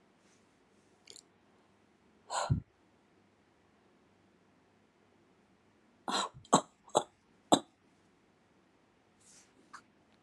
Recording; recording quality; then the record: shallow voluntary cough; excellent, no background noise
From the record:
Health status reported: healthy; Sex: female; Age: 70 years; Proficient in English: yes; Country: India